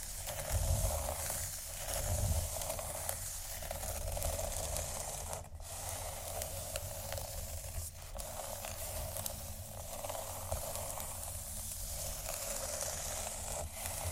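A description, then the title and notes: Dense, steady scratching with a hissy, bright rasp over a low rumble, strongest in brief bursts near one and two seconds. ASMR 31 Scratching Triggers For Your Tingles（No Talking）.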